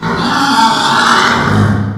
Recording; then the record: squeal of a Yucatan mini pig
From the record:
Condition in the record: after surgery on the right vocal fold (resection and tissue-engineered implant); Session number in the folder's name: 16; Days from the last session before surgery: 183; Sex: female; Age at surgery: 19 weeks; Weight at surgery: 25 kg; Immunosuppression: prednisolone